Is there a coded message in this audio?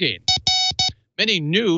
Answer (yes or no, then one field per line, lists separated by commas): no